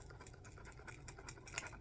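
A Rock Island Armory M200 snub-nose revolver sits in a holster with no retention click, and the holster is held upside down until the revolver slips out. Light scraping ticks build before a sharper, louder sound at 1.6 s as the revolver comes free of the holster.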